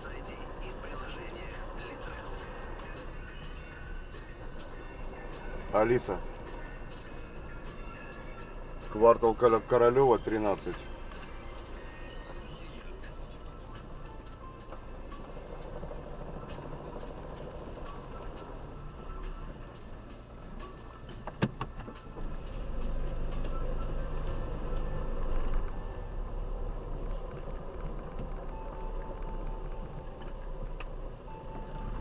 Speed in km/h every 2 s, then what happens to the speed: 5, 4, 4, 4, 3, 3, 3, 2, 2, 3, 1, 0, 7, 9, 5, 2.
0-14 steady at about 3. 14-23 standing. 23-32 steady at about 5.